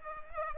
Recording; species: mosquito wingbeat signal from an infrared sensor; Culex pipiens